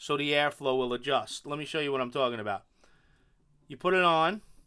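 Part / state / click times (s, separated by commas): atomizer top cap onto RDA base / not seated / none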